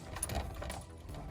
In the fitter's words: Yeah. Clicked into place.